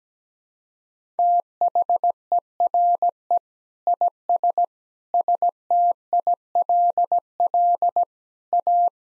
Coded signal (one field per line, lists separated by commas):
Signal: Morse code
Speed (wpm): 17 wpm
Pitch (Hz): 700 Hz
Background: none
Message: THERE IS STILL A